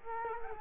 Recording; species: mosquito wingbeat signal from an infrared sensor; Culex quinquefasciatus